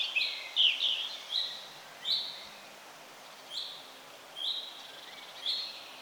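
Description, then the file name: Eurasian wren calls: high short chirping notes at irregular intervals, about one per second, with a steady hiss behind. "Troglodytes troglodytes"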